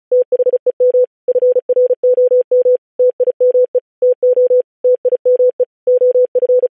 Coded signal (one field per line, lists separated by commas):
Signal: Morse code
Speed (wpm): 36 wpm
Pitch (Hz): 500 Hz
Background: none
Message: THEM FROM TIME TO TIME OF